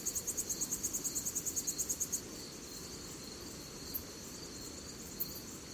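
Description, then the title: Cicada call: a rapid, pulsing high trill for about two seconds, then a fainter steady high hum with a low background rumble. Recorded at night in a forest. "Звуки ночного леса. Звук цикад ночью в лесу"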